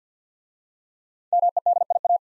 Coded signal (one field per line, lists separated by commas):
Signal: Morse code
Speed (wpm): 50 wpm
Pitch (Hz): 700 Hz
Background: none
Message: MEDIA